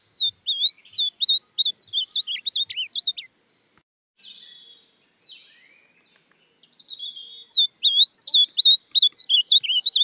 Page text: AZULÃO (Cyanoloxia Brissonii)